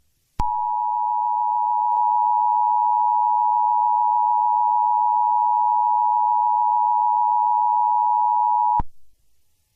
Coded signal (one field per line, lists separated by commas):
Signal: Emergency Alert System (SAME) tones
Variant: 853 and 960 Hz attention tone